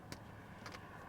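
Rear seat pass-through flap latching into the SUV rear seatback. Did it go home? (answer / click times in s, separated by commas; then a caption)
yes / 0.1 s, 0.7 s. A rear seat pass-through flap in a 2025 Toyota Crown Signia SUV is folded down and set in position in the rear seatback. It latches into place and is solid. Two short hits are heard at 0.1 s and 0.7 s over a steady low hum, and it is unclear which one is the lock.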